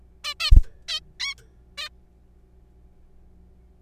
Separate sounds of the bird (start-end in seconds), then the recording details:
0.24-0.34, 0.40-0.50, 0.89-0.99, 1.20-1.35, 1.78-1.88. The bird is a juvenile. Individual R3428